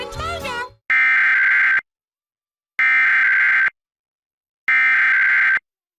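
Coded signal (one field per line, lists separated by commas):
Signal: Emergency Alert System (SAME) tones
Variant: header bursts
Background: speech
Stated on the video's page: EAS New Jersey Required Monthly Test activated on two stations.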